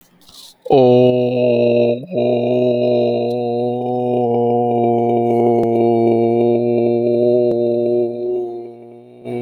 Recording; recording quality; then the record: sustained vowel as in boot; excellent, no background noise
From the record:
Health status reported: exposed to COVID-19, no respiratory illness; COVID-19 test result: not tested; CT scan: not taken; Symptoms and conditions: none ticked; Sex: male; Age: 22 years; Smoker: no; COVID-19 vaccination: none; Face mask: not worn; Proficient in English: yes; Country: India